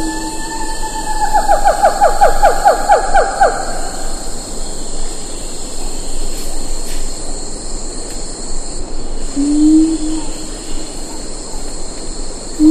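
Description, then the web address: Siamang calls, a quick series of sharp barks in the first seconds, then quieter with a low hoot or two later, over a steady insect drone. "earth naturelibrary assets s si siamang"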